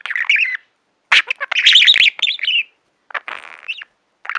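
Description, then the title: Budgerigar chattering, bursts of scratchy warbled notes and chirps separated by brief silences. "Budgie Sounds"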